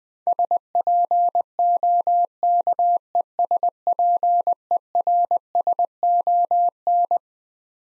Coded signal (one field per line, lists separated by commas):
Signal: Morse code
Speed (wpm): 20 wpm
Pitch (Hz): 700 Hz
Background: none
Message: SPOKESPERSON